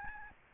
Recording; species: mosquito wingbeat signal from an infrared sensor; Aedes albopictus